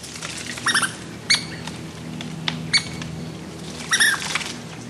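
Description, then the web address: Douglas squirrel: a few shrill chirps among pattering, scratching sounds. Young squirrels racing up and down tree trunks in summer, claws scampering; forests west of the Cascades. "Birdnote. The Douglas Squirrel"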